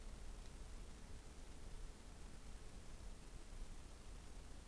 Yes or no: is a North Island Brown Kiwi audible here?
no